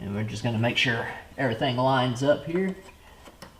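On a 2008 Ford F-150, the plastic wiring harness electrical connector is lined up with the mass airflow sensor while someone talks, with a faint sharp tick near 3.4 seconds. The connector has not seated or clicked onto the sensor yet.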